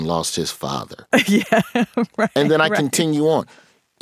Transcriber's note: laughter